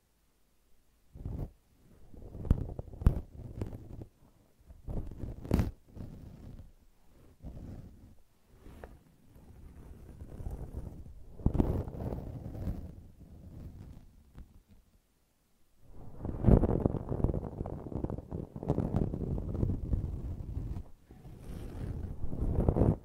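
Brushing and scratching in uneven bursts, rough and mostly low, with quick strokes crowding together in the first half. A near-silent gap comes around fifteen seconds, then denser, louder rubbing takes over and runs almost continuously to the end, with a few sharp scrapes.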